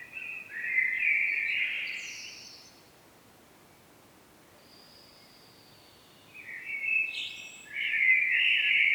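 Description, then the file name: Common blackbird singing a fluty warble, pausing with one faint thin high note, then resuming with two more rich phrases. "Turdus merula"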